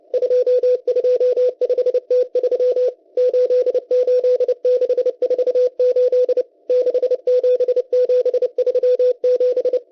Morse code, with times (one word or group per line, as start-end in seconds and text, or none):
0.1-2.9 225T3
3.2-6.4 88648
6.7-9.8 67737